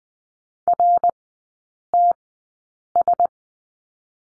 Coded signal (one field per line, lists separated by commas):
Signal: Morse code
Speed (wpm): 20 wpm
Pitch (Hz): 700 Hz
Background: none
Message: RTS